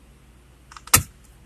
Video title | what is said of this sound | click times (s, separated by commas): Clock spring Hyundai | You see that? Bam, click. | 0.9 s